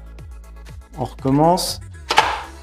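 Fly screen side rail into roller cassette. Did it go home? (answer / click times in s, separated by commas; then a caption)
yes / 2.1 s, 2.2 s. Someone pushes the side rail of a roll-up fly screen into the end of its cassette so the tongue clips in, talking over background music as they retry. A sharp double knock at 2.1 and 2.2 seconds marks the rail seating, and it then holds by itself.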